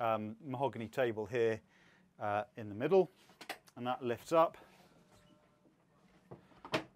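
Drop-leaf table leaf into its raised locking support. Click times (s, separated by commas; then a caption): 6.7 s. Someone talks as the hinged mahogany leaf of the saloon table on an Arcona 385 yacht is lifted up into its raised locking support. A sharp wooden knock is heard at 6.7 s as the leaf catches and locks in place.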